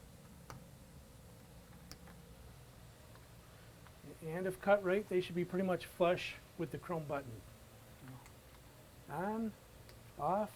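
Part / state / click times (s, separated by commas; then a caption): handheld shower control button into button holder / seated / 0.5 s, 1.9 s. A GROHE handheld shower control button is pressed into its right-side button holder on a Rapido SmartBox, giving two short, sharp clicks at 0.5 s and 1.9 s as it snaps in and seats. After a quiet stretch, someone talks from about 4 seconds on.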